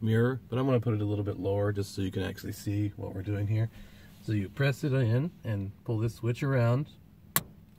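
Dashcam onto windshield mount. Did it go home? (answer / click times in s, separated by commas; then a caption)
yes / 7.4 s. A Roav A1 dashcam by Anker is pressed onto its adhesive windshield mount while someone talks, and its locking switch is turned around. A sharp click at 7.4 s marks the mount twist-locking into place, and the dashcam is seated and good to go.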